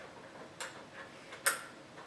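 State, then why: Seated. A modular phone cable plug is pushed into the far-left port on the front of an amplifier and seats with a sharp click at 1.5 s. A softer tick comes earlier at about 0.6 s, over a quiet background.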